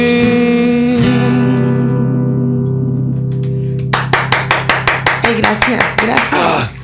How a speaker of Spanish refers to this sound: Esos son los aplausos. Bravo, que más. Esos son de parte de toda la banda.